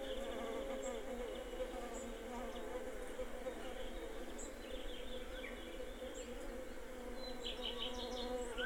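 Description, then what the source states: Bees giving a constant low buzz, with scattered high bird chirps over the top. Bees and birds in a garden.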